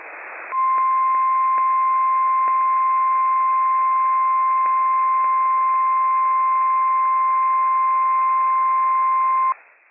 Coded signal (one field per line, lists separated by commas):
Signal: Emergency Alert System (SAME) tones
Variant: 1050 Hz attention tone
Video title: WWF56 Required Weekly Test from NWS Pendleton, Oregon - EAS #323 - 10:18 AM PDT 9/25/24